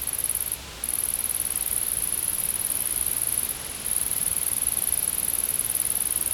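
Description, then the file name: Continuous shrill insect trilling, high in pitch, interrupted by two short gaps, with a faint low rumble. Recorded in a field. "Insects In The Field"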